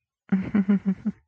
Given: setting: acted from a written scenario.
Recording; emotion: vocal sound without words; shame